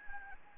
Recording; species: mosquito wingbeat signal from an infrared sensor; Anopheles gambiae